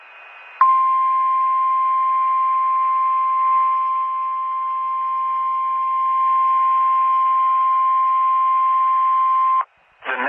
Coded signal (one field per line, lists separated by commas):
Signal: Emergency Alert System (SAME) tones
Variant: 1050 Hz attention tone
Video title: Special Marine Warning for New York Harbor EAS#65 NOAA Weather Radio Station KWO35